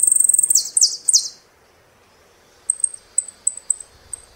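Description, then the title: Saffron finch song opening with a fast high trill and two buzzy downslurs, followed after a silence by a series of thin, high, evenly pitched chips. "Jilguero Argentino"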